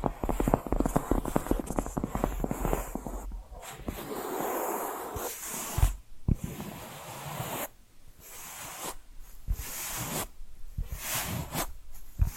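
Tapping and scratching sounds, with quick, dense taps crowding the first three seconds. After that come rougher, hissing scrapes in bursts of a second or two, broken by short silences near 3.5, 6 and 8 seconds, with a low thump around 6 seconds.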